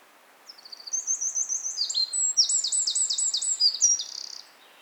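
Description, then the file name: Eurasian wren song, a high, breathless cascade of quick ticks and buzzing trills lasting about four seconds before stopping abruptly. "Troglodytes troglodytes"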